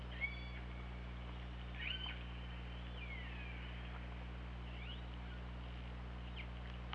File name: Orca Lab UTLN JASON 20170824 210212 h 2 LL ORCALABDYNI